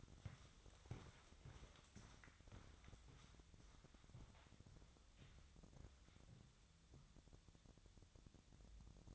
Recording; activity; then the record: daily activity, microphone in the room; walk to room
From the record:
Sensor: 3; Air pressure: 999.4 hPa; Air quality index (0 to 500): 196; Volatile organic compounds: 43 ppm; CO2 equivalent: 3202 ppm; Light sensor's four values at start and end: 8/17/7/7 and 8/20/8/8